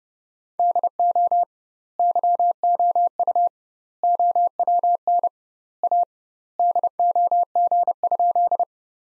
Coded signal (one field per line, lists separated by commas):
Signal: Morse code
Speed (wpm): 30 wpm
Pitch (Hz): 700 Hz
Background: none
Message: DO YOU OWN A DOG?